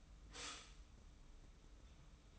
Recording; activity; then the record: daily activity, microphone in the room; stop toaster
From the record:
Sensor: 1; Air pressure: 990.7 hPa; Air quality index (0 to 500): 144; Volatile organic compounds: 889 ppm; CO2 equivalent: 5200 ppm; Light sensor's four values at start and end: 28/66/28/30 and 28/66/28/30